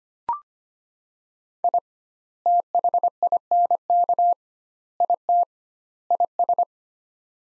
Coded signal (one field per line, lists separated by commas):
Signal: Morse code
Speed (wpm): 25 wpm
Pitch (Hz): 700 Hz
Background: none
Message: I THINK IT IS